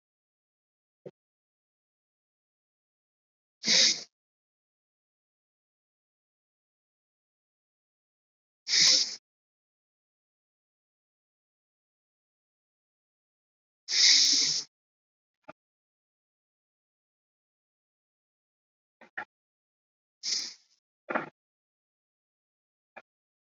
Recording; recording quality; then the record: deep breathing; excellent, no background noise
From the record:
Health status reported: COVID-19 positive, mild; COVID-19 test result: positive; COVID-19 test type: RT-PCR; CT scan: not taken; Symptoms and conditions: cough, breathing difficulty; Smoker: no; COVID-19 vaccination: both doses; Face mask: worn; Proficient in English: no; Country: India